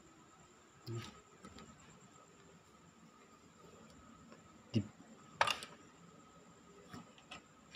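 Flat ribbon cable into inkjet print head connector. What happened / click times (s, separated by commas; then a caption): The flat cable connector snapped into place / 5.4 s. Flat ribbon cables that were unplugged earlier are pushed back into the print head connectors of an Epson L360 inkjet printer during a print head cartridge replacement. After some quiet handling noises, a single sharp click is heard at 5.4 s as a cable seats, followed by a few faint taps. Someone talks.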